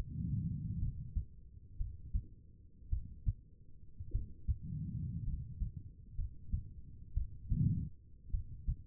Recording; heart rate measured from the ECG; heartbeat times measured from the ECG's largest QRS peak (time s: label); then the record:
heart sounds by stethoscope; 56 bpm
0.80 s: heartbeat
1.78 s: heartbeat
2.90 s: heartbeat
4.12 s: heartbeat
5.25 s: heartbeat
6.16 s: heartbeat
7.14 s: heartbeat
8.31 s: heartbeat
From the record:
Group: healthy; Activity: rest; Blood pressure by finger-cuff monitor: 98/62 mmHg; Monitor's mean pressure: 74 mmHg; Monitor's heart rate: 53 bpm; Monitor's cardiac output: 4.3 L/min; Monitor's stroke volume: 79 mL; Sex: female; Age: 36 years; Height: 163 cm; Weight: 88 kg